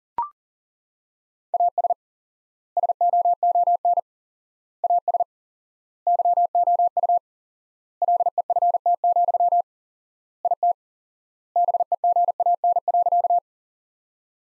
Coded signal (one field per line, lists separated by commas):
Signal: Morse code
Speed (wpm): 40 wpm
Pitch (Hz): 700 Hz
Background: none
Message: AS SOON AS YOU LEFT, IT BEGAN.